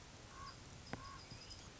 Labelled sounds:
Common Raven
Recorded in Sonoma County, California

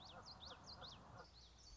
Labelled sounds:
Common Yellowthroat
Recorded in Sonoma County, California

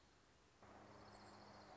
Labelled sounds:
Orange-crowned Warbler
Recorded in Sonoma County, California

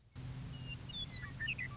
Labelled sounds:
Western Meadowlark
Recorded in Sonoma County, California

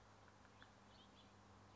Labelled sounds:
House Finch
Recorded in Sonoma County, California

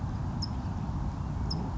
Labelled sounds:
California Towhee
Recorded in Sonoma County, California

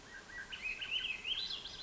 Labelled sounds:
Swainson's Thrush
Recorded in Sonoma County, California

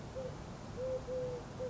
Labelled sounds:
Eurasian Collared Dove
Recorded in Sonoma County, California

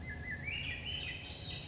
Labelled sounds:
Swainson's Thrush
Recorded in Sonoma County, California

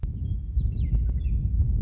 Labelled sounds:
Western Meadowlark
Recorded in Sonoma County, California

